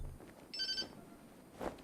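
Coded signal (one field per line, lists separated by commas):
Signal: none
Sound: a game's phone ringing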